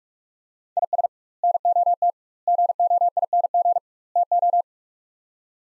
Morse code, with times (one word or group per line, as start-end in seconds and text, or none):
0.8-1.1 IS
1.4-2.1 NOT
2.5-3.8 GOING
4.2-4.6 TO